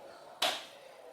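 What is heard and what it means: A hand-cut PVC tube piece, shaped to match the hull cavity of a Caiman 100 kayak as a sonar mount, is pushed into the cavity. A short, sharp slap-like knock sounds at 0.4 s over a steady background hiss. The piece fits exactly and seats, locking in place.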